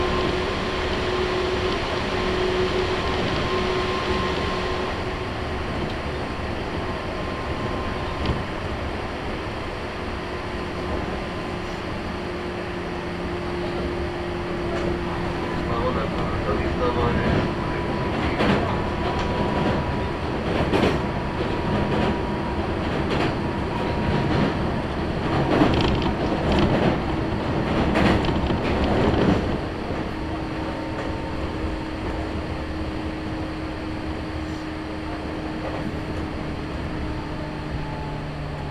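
A local train stands humming at Shiotsu station, its steady tones joined from about 17 to 29 seconds by a passing train's rushing, clattering roar.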